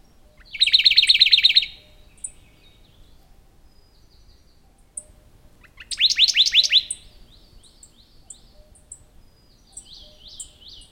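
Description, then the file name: Radde's warbler song: two rapid trills of repeated high notes, each about a second long and several seconds apart, with scattered thin chips between them. "warbler-radde -Phylloscopus-schwarzi"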